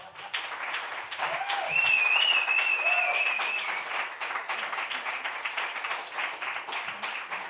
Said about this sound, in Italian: Un grande applauso